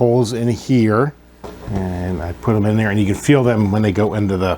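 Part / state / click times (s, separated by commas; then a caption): plastic seat posts into a die-cast model car floor / not seated / none. Two posts on a plastic seat for an Eaglemoss Eleanor model car are handled and lined up with two holes in the die-cast car floor while someone talks. Nothing has seated or clicked yet by the end of the clip.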